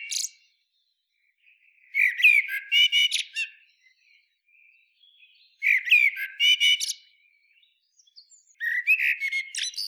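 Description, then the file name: Eurasian blackbird song phrases, each a brief low warble ending in a burst of high scratchy twitters, repeated roughly every three to four seconds. "Turdus merula"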